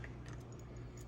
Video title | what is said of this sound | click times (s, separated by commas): Rocki Smart Pet Camera Robot for Dogs & Cats 1080p HD Video 2 way audio & Treat dispenser | And either one of them will click right into the top of this unit here. | 0.0 s